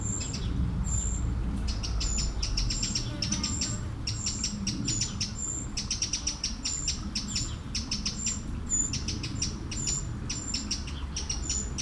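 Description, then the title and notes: Eurasian blackbird calls: runs of dry clicking ticks mixed with repeated thin, very high tseee notes, over a steady low rush of water. One blackbird by a small river in Aveize, France, 12 July 2017, with a few flies and distant planes; recorded with a DPA-2006c pair in AB position on a MixPre-3. "69610 Aveize, France - Merle - Blackbird. 20170712-Merle et ruisseau. Bord de ruisseau, un merle, quelques mouches, des avions au loin"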